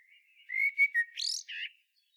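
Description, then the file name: Common blackbird song phrase: soft fluted whistles, then a sudden high rising squeal and a short scratchy flourish. "Turdus merula"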